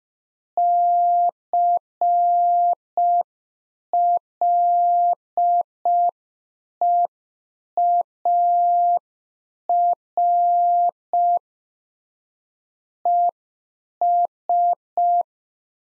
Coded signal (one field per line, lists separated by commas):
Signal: Morse code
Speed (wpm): 5 wpm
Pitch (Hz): 700 Hz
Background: none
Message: CLEAR ES